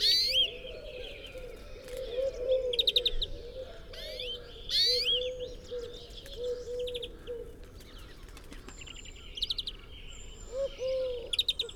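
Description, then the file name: European greenfinch song of quick twittering trills and upswept notes in bursts, over low cooing from a dove and other small birds chirping. "Chloris chloris"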